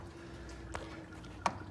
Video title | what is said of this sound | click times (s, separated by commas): DIY 2014 Chevy Cruze headlight & Oil Change | clicks right in like that, just boop. | 1.5 s